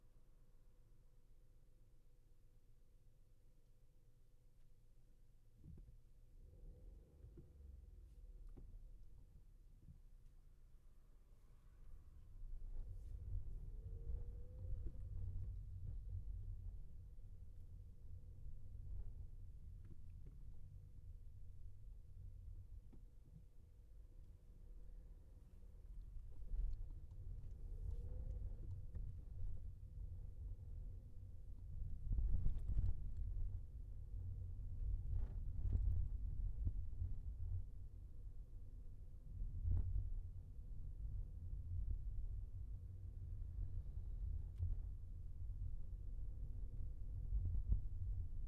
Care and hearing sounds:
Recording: everyday scene through a hearing-aid microphone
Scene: in a vehicle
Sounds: engine, highway traffic jam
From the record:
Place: Skoda Fabia, gasoline engine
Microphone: behind the ear, left, front

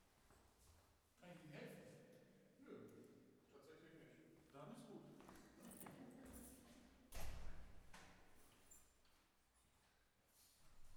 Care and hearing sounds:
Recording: everyday scene through a hearing-aid microphone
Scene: reverberant space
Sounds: speech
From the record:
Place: staircase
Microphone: behind the ear, left, rear

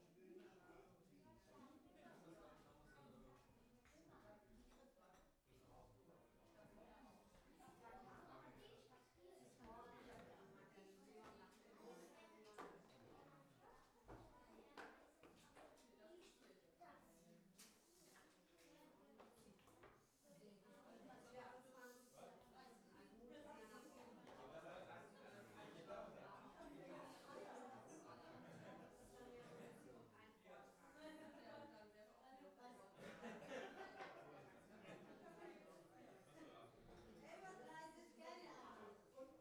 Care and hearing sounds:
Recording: everyday scene through a hearing-aid microphone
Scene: many people talking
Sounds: many voices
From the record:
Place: parish hall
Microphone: behind the ear, right, rear

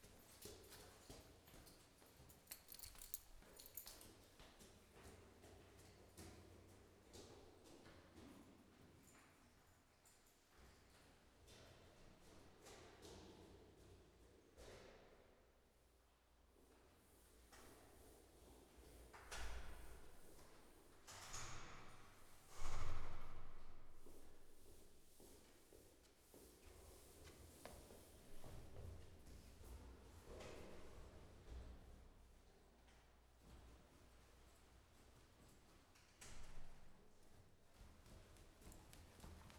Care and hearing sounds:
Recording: everyday scene through a hearing-aid microphone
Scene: reverberant space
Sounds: background noise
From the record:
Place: staircase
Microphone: behind the ear, left, rear

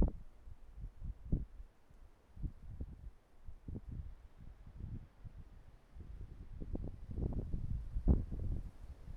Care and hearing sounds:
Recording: everyday scene through a hearing-aid microphone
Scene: wind on the microphone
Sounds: wind, traffic, birds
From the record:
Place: suburban garden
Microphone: behind the ear, right, rear

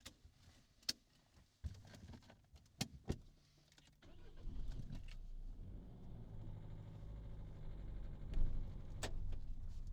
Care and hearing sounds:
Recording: everyday scene through a hearing-aid microphone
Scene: in a vehicle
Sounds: other noises, engine starting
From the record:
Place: Berlingo II, diesel engine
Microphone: in the ear canal, right

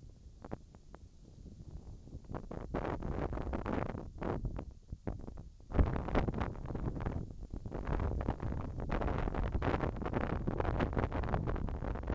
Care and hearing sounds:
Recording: everyday scene through a hearing-aid microphone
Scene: wind on the microphone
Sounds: wind, whistling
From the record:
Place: in front of a rural house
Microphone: in the ear canal, left

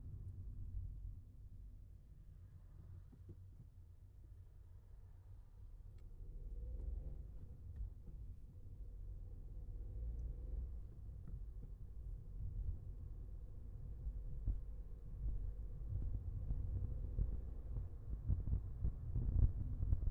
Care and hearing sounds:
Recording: everyday scene through a hearing-aid microphone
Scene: in a vehicle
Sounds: engine, traffic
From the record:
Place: Skoda Fabia, gasoline engine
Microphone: behind the ear, left, front

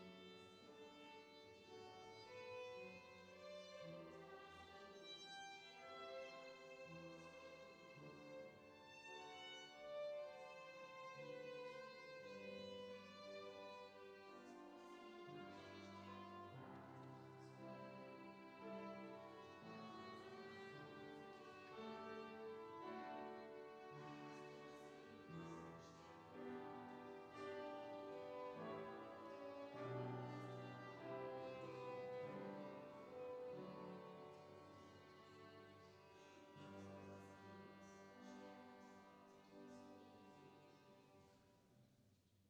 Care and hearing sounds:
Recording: everyday scene through a hearing-aid microphone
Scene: reverberant space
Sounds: music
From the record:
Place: church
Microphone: in the ear canal, left

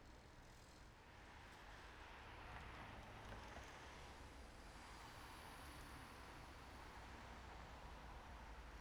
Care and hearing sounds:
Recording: everyday scene through a hearing-aid microphone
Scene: in traffic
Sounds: traffic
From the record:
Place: main road on the outskirts, rush hour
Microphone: behind the ear, right, front

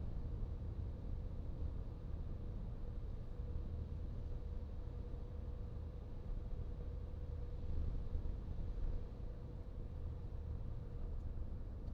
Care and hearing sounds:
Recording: everyday scene through a hearing-aid microphone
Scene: in a vehicle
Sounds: engine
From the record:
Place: VW T5 Caravelle, diesel engine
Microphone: in the ear canal, right

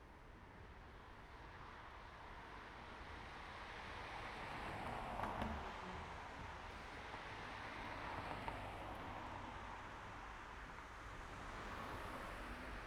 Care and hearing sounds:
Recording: everyday scene through a hearing-aid microphone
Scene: in traffic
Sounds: traffic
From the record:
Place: main road on the outskirts, rush hour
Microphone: behind the ear, right, rear

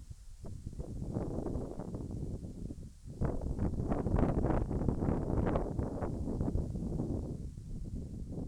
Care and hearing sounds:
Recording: everyday scene through a hearing-aid microphone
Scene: wind on the microphone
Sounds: squally wind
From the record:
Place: in front of a rural house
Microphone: behind the ear, left, front

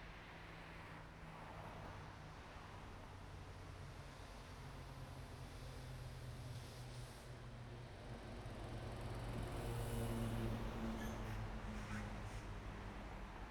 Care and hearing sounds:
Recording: everyday scene through a hearing-aid microphone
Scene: in traffic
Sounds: traffic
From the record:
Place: main road on the outskirts, rush hour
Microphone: behind the ear, right, rear

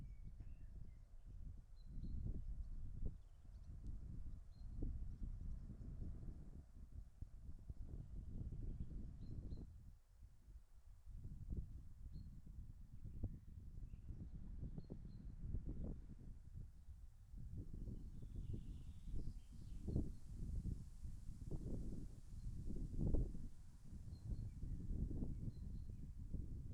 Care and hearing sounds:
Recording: everyday scene through a hearing-aid microphone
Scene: wind on the microphone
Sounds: wind, birds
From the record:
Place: in front of a rural house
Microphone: behind the ear, left, rear

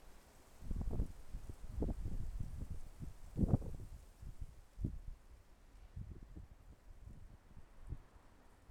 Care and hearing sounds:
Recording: everyday scene through a hearing-aid microphone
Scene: wind on the microphone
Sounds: wind, traffic, birds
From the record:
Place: suburban garden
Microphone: behind the ear, left, front

